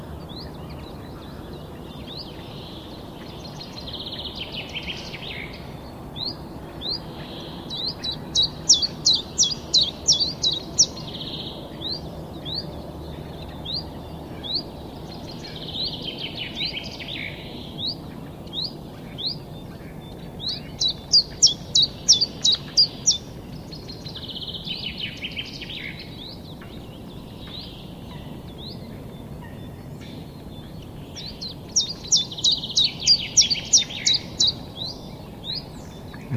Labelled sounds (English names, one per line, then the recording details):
Common Chiffchaff
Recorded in the wild
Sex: male
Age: adult
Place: Schönow, Naturpark Barnim, Brandenburg, DE
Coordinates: 52.6786, 13.5106
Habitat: wetland
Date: 2010-04-18
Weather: fair, 10°C, no wind
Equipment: Sound Devices 702, Sennheiser MKH 70, Rycote Windschutz
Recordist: Frommolt, Karl-Heinz